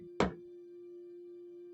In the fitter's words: you'll hear it snap into place now that's in